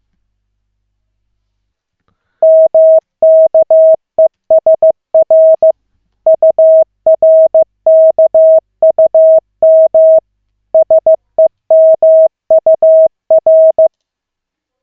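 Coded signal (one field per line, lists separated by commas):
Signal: Morse code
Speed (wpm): 15 wpm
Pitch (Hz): 640 Hz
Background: none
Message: MKESR URKUM SEMUR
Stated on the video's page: Koch method CW practice session at 15/15 wpm, lesson 1 of 40, two characters, using the LCWO.net website.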